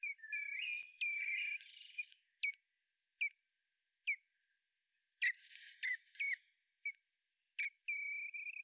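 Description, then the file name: Common blackbird giving harsh drawn-out squealing notes between sharp clicking chinks, the squeals returning in bursts. "Turdus merula"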